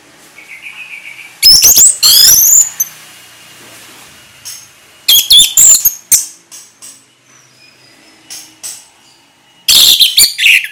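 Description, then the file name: Orange-headed thrush song with loud clustered bursts of high whistled and scratchy notes, a faint thin whistle at the start and quieter chips between bursts. Orange-headed thrush singing in gacor ngeplong style. "anis merah gacor ngeplong"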